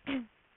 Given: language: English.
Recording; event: throat vibration sensor signal played as sound; throat clearing